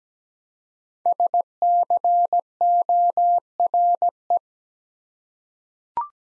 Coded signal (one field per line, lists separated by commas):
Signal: Morse code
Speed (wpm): 17 wpm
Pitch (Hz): 700 Hz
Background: none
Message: SCORE